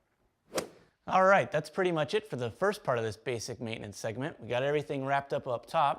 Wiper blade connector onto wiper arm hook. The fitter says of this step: And when you hear it click, you're set.